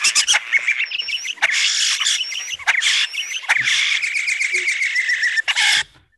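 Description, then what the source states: European starling flock chatter, dense and scratchy, with thin drawn-out whistles, rattling clicks and a steady run of buzzy notes, ending abruptly. A flock of European starlings, a species introduced from Europe, which gathers in large flocks and gives odd whistles and screeches, imitating other birds.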